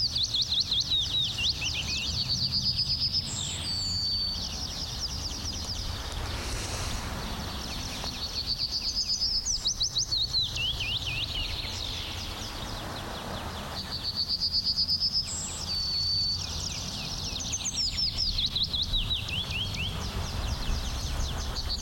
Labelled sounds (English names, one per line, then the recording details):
Yellowhammer
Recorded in the wild
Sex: male
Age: adult
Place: Berlin Blankenfelde, Berlin, DE
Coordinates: 52.626, 13.392
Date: 1993-04-20 11:00
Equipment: Sony WM-D6C, Sennheiser ME 80, K 30 AV, Kopie Tascam 22-2
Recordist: Quaisser, Christiane
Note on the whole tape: 2 singende Tiere (oder 1 sehr variables). Schildow, Schwarzwasserteich